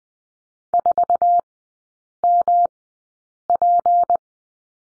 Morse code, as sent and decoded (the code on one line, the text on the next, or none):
....- -- .--.
4MP